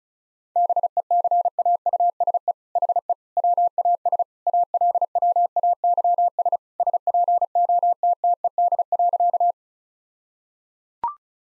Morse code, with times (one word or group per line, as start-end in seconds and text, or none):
0.6-2.5 BECAUSE
2.8-3.1 HE
3.4-4.2 WAS
4.5-6.6 ALWAYS
6.8-9.5 SPOTTED.